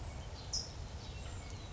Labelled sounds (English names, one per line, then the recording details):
California Towhee
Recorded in Sonoma County, California